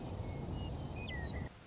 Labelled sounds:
Western Meadowlark (Sturnella neglecta)
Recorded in Sonoma County, California

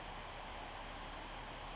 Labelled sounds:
Western Flycatcher (Empidonax difficilis)
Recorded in Sonoma County, California

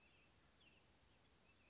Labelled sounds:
Western Tanager (Piranga ludoviciana)
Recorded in Sonoma County, California

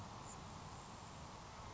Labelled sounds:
Grasshopper Sparrow (Ammodramus savannarum)
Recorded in Sonoma County, California

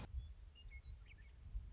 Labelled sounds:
Western Meadowlark (Sturnella neglecta)
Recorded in Sonoma County, California

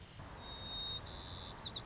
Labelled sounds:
White-crowned Sparrow (Zonotrichia leucophrys)
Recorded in Sonoma County, California

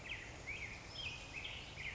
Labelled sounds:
Black-headed Grosbeak (Pheucticus melanocephalus)
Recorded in Sonoma County, California

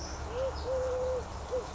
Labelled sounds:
Eurasian Collared Dove (Streptopelia decaocto)
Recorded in Sonoma County, California

